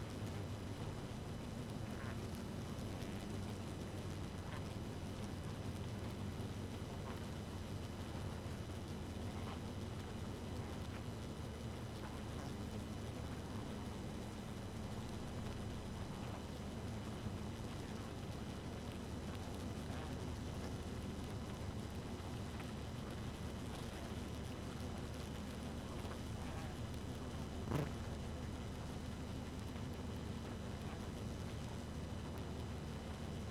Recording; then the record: honeybee colony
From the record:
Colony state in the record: active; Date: 12 June 2018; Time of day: 2:28